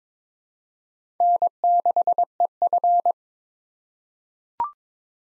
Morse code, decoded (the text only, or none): N6EF